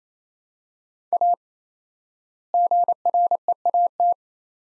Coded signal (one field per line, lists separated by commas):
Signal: Morse code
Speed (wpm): 28 wpm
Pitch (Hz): 700 Hz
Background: none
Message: A GREAT